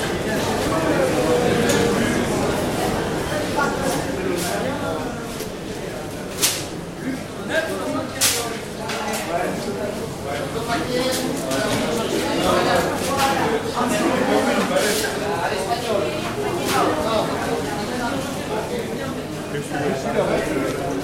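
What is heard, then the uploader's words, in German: Inside a French market hall, many voices overlap in a steady, dense murmur of talk that never drops out. Sharp clicks and knocks cut through every second or two, louder around seven and eight seconds, like utensils, chopping or items set down on counters. In der Markthalle von St.-Jean-de-Luz. Französischen Markthalle.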